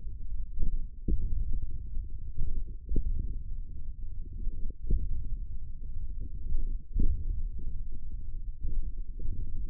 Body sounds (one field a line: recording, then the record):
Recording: forearm muscle sounds (acoustic myography)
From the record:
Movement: hand opening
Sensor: system 1, eight BSWA MPA416 microphones around the upper forearm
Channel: 5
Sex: male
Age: 54 years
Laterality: right